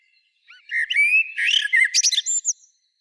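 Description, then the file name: Common blackbird song phrase of fluty whistles followed by a rapid jumble of thin, high squeaky notes and a final short squeal. "Turdus merula"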